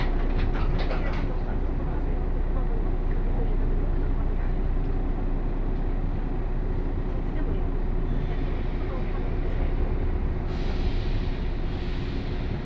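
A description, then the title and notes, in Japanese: A 117-series local train on the Kosei Line rolls steadily, its deep, dense rumble holding at an even level throughout. Faint voices seem to come through in the first second or so, and from about ten seconds a thin, brighter hiss joins the running noise. 湖西線普通 京都→小野 117系。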